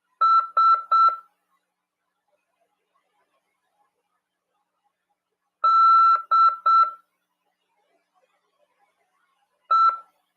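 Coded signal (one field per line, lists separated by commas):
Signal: Morse code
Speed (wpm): 7 wpm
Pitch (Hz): 1340 Hz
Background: none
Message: SDE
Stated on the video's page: Amateur radio class on CW, heard over FM at 146.410 MHz.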